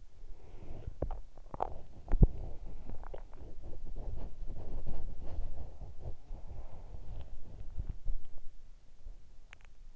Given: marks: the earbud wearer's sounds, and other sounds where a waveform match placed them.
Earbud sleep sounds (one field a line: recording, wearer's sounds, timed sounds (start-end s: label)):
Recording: sounds in sleep by an in-ear microphone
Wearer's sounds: body movement, breath, teeth grinding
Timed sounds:
0.00-8.83 s: body movement
0.19-2.02 s: breath
0.83-1.80 s: teeth grinding
2.32-3.96 s: breath
5.91-7.74 s: breath
9.48-9.71 s: teeth grinding